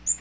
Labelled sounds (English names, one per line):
Magnolia Warbler flight call